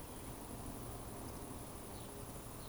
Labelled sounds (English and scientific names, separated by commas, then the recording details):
Eurasian Woodcock (Scolopax rusticola) whistle
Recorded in Baden-Württemberg, Germany, on 25 June 2020 at 19:50 UTC
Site 24578, 122 m above sea level